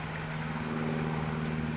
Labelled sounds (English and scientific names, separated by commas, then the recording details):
California Towhee (Melozone crissalis)
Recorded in Sonoma County, California